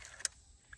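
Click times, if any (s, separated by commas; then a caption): 0.2 s. After the cocking mechanism on a crossbow is loosened and let down, its safety engages with one sharp, bright click at 0.3 s. Fainter ticks come just before it and a small one follows near the end. The crossbow is now in safe.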